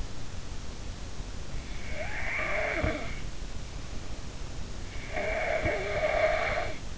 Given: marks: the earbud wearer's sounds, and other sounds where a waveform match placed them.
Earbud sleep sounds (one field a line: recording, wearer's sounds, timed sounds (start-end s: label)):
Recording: sounds in sleep by an in-ear microphone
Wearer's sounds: snoring breath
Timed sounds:
1.77-3.11 s: snoring breath
5.02-6.85 s: snoring breath